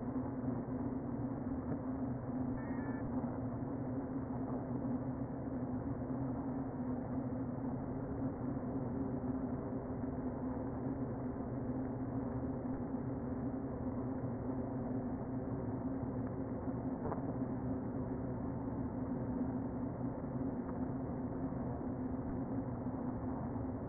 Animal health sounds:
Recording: honeybee colony, microphone inside the hive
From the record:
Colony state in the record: queen present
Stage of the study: before two queens were removed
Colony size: about 60,000 bees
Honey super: yes

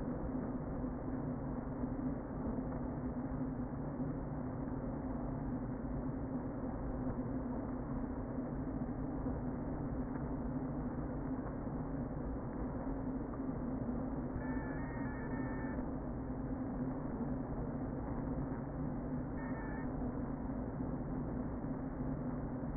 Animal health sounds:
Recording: honeybee colony, microphone inside the hive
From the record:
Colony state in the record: queen present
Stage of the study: before two queens were removed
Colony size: about 60,000 bees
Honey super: yes

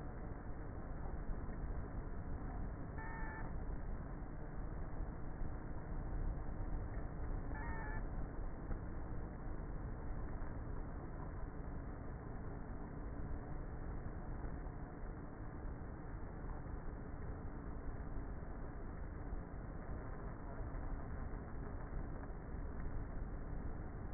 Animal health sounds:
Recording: honeybee colony, microphone inside the hive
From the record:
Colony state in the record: queenless with a low population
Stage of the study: before two queens were removed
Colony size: about 30,000 bees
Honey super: no

